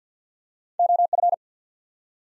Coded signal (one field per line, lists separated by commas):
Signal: Morse code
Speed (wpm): 50 wpm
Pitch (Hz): 700 Hz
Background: none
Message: O F